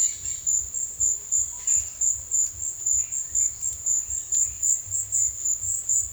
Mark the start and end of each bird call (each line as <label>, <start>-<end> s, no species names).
bird call, 0.00-5.48 s